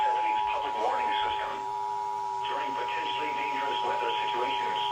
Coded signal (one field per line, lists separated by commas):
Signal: Emergency Alert System (SAME) tones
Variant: 853 and 960 Hz attention tone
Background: speech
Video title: (EAS #419) Required Weekly Test WXL70 11/6/24